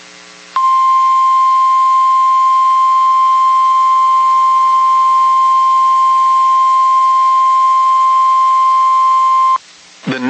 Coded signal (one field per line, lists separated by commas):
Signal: Emergency Alert System (SAME) tones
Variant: 1050 Hz attention tone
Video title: EAS #1,921 Online NOAA Weather Radio Tornado Warning #4 (Confirmed Tornado) 5/16/25